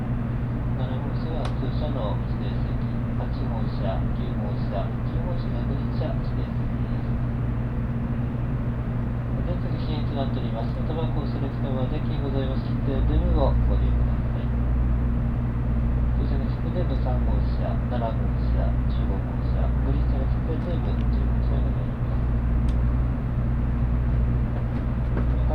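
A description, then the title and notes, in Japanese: A Tokaido Shinkansen Kodama train running from Hamamatsu to Shizuoka: a steady low hum and rumble, louder after thirteen seconds, with voices talking throughout. 東海道新幹線こだま浜松→静岡。朝一番の浜松始発の新幹線です。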